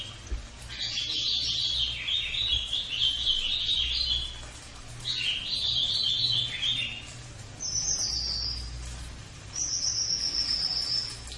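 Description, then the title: Cililin calling in high, buzzy trilled phrases of a few seconds, the last two higher and thinner, with a low background hum. Cililin song used as a masteran (tutor) or pancingan (lure) recording. "MASTERAN SUARA BURUNG CILILIN BISA JUGA PANCINGAN CILILIN"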